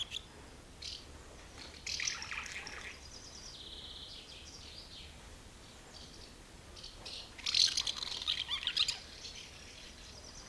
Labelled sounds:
Common House Martin (Delichon urbicum)

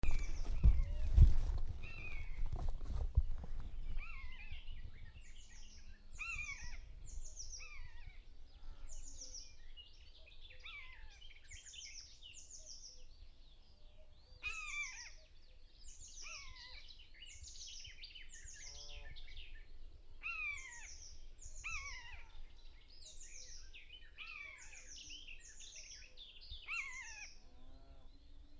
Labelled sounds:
Common Buzzard (Buteo buteo) call

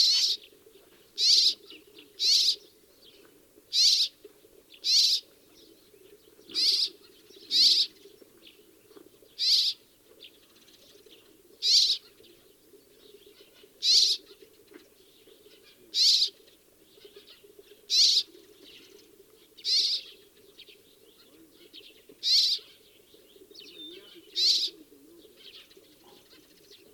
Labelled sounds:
Rock Sparrow (Petronia petronia) call

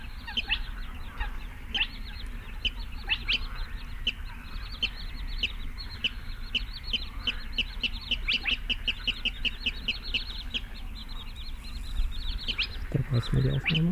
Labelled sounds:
Spotted Crake (Porzana porzana)

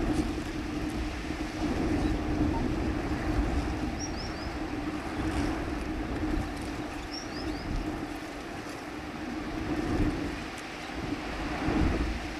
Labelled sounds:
Little Crake (Porzana parva) song

